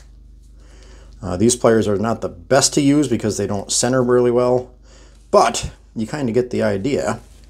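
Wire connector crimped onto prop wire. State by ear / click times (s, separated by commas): not seated / none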